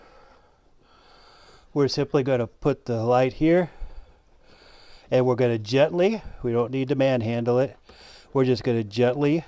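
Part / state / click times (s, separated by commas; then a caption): wiring harness connector into tail light assembly socket / not seated / none. Someone talks while holding the taillight wiring harness connector of a 2012-2019 Nissan Versa sedan and bringing it to the tail light assembly socket during a brake light repair. Only speech and quiet handling are heard, with no impacts. The connector is still being handled and has not yet snapped into place.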